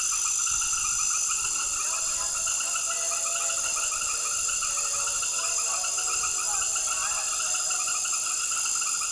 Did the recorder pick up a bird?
no